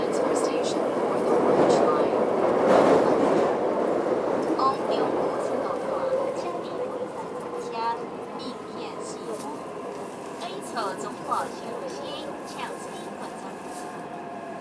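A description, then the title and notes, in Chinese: Inside a Taipei metro train on the Tamsui line, a steady rumble fades slightly while voices chatter and brief squeals and clicks sound throughout. 鐵道、臺北捷運、淡水線、人聲。設備：Tascam DR-40x。搭乘臺北捷運淡水線從台北車站到民權西路站。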